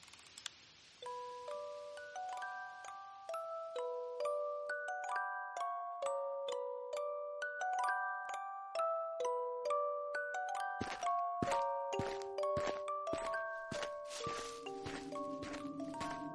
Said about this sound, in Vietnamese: Tiếng chuông đồng hồ điểm đúng 12 giờ thì cũng là lúc cơn mộng điềm báo ập đến.